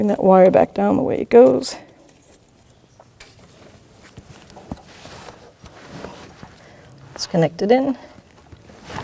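Someone talks while routing the wiring harness back down to the new crankshaft position sensor on a 2007-2017 Jeep Patriot and bringing the harness plug, which has a red locking tab, up to connect it. Only faint handling taps and rustles are heard between the talk. Nothing has seated or clicked yet.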